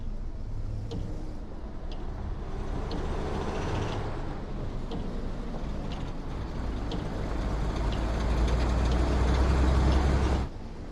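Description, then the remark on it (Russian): A cargo truck carrying German soldiers in gas masks and with weapons rumbles low and steady, growing louder as it drives up to the gates, then its engine cuts off abruptly near the end. Faint clicks and rattles sit above the engine drone, with no voices. “К воротам подъезжает грузовой автомобиль с немцами, в противогазах и с оружием.”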